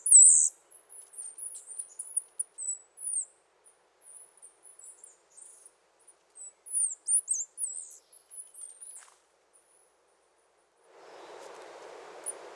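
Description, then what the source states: Bird song of very high, thin chirps and quick squeaky twitters in scattered bursts, pausing near nine seconds; a soft hiss rises near the end. Song and calls of birds in a Costa Rican cloud forest.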